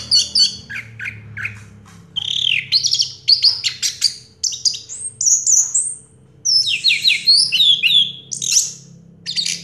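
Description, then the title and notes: Orange-headed thrush singing a rich, varied jumble of sweet whistles and buzzy notes in quick succession, with a faint low hum beneath. Song in the teler style, described as clear-voiced; from a complete collection of this species' sounds. "Anis Merah Teler Suara Jernih. kumpulan suara anis merah lengkap"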